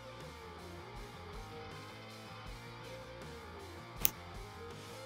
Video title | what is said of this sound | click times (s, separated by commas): Street Glide 12” Handlebars with Grips - Harley Riser Bushings - Clutch / Wire Extensions and More | Make sure you hear that click. | 4.1 s